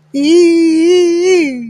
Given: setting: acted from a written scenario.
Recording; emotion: vocal sound without words; elation